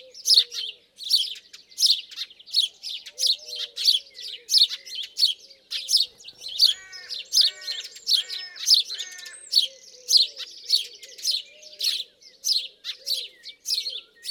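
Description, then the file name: House sparrow repeating loud chirps about one and a half per second; midway a short series of lower stacked notes from another bird joins, plus faint cooing. "Passer domesticus"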